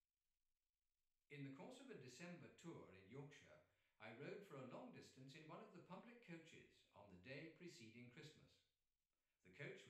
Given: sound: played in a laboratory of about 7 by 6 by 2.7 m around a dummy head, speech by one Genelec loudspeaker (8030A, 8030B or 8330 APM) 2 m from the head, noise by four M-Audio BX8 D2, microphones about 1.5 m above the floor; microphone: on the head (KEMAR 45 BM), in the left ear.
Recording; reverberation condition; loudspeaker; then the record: male speech in English; medium; behind (180 degrees)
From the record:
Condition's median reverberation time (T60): about 510 ms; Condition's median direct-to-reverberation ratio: about -0.5 dB